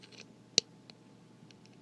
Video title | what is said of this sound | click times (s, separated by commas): Transformers TakaraTomy MP-16 - FRENZY and BUZZSAW | There you go. You kind of heard that click. It should click in a little better than that, though. | 0.6 s